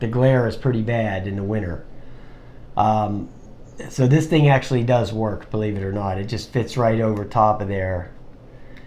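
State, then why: Seated. Someone talks while a plastic sunshade hood meant to keep out winter glare is fitted over the top of a DJI Spark drone's camera gimbal. A small, quiet click is heard at 8.8 s as the sunshade snaps into place and is held securely on the gimbal.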